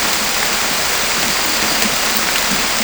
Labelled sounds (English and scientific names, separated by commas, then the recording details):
none
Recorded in dense forest near Puerto Asís, Putumayo, Colombia, on 18 December 2024 at 23:00
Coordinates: 0.500, -76.322
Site G053